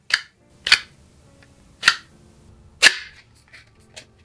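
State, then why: Seated. A stack of cards slides all at once into a compact aluminum Akeeni Xsto AirTag card wallet, the 8-card version. Sharp, bright clicks are heard at 0.1, 0.7 and 1.9 seconds as the stack locks into place, with another loud hit near 2.9 seconds and a fainter one near 4.0 seconds. The cards seat with a very satisfying click.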